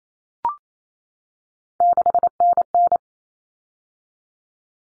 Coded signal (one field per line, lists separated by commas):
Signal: Morse code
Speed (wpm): 28 wpm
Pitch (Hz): 700 Hz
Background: none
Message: 6NN